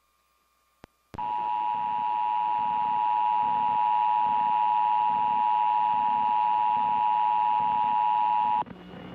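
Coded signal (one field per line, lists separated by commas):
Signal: Emergency Alert System (SAME) tones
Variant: 853 and 960 Hz attention tone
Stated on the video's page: Real EAS test activation aired on KGW-NBC 8, Portland, Oregon.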